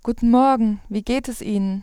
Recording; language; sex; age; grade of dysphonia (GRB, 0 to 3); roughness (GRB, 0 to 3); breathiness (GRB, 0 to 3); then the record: spoken sentence; German; female; 40 to 49 years; 0; 0; 0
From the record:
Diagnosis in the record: healthy voice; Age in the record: 41 years